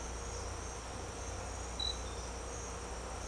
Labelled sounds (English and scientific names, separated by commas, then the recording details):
none
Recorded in secondary vegetation near Puerto Asís, Putumayo, Colombia, on 16 December 2024 at 07:00
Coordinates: 0.502, -76.326
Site G028